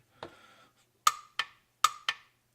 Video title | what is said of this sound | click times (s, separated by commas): 2017 Fiat 500 Oil Change and Air Filter Check | click sound good all | 1.1 s, 1.8 s